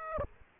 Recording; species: mosquito wingbeat signal from an infrared sensor; Aedes aegypti